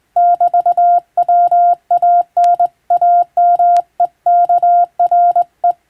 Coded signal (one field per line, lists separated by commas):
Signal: Morse code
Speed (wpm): 21 wpm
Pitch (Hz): 700 Hz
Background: none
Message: <BT> WANAMEKRE